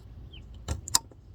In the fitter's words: that's why you heard that snap and you just push that back